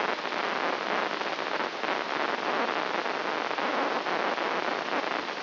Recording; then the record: brain microelectrode recording played as sound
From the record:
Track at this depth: outside the subthalamic nucleus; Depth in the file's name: 8.428 mm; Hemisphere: left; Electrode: 3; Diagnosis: Parkinson's disease